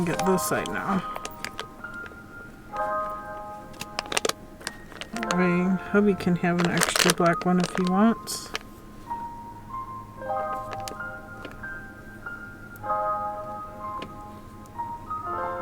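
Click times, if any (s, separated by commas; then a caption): none. A spare band is being fitted onto a watch body, with a black band meant for her husband, while music plays and someone talks. Brief sharp handling ticks come around 4.0–4.3 s, followed by quieter fiddling with the band. Nothing has seated or clicked into place yet.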